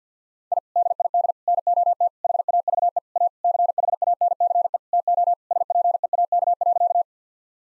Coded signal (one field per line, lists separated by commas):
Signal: Morse code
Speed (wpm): 45 wpm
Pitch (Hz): 700 Hz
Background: none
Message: I DID NOT HAVE A CHANCE TO SPEAK.